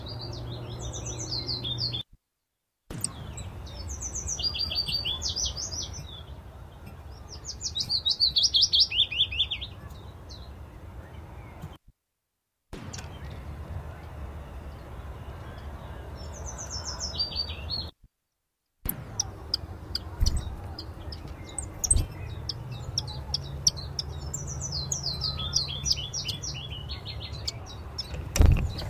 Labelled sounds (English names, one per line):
Common Chiffchaff